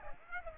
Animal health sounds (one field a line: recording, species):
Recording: mosquito wingbeat signal from an infrared sensor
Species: Aedes aegypti